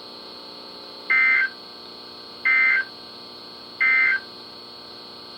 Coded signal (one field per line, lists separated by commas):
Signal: Emergency Alert System (SAME) tones